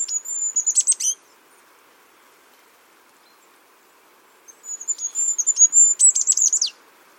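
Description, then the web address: Bird uttering a shrill, high twittering run, falling silent for several seconds, then returning with a longer string of sharp, thin chirps ending in a downward slur. "cianscape birddata Deverinetal 2025 File origin Bird Only"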